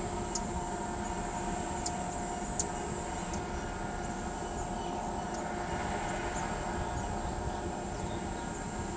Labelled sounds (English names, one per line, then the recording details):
none
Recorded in pastures near Pivijay, Magdalena, Colombia, on 18 April 2023 at 13:00
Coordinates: 10.456, -74.369
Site P6-G026